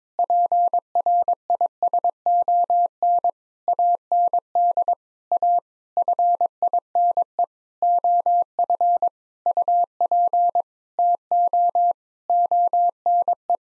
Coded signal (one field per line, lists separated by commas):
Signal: Morse code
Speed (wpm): 22 wpm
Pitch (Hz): 700 Hz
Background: none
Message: PRISON AND A FINE OF UP TO ONE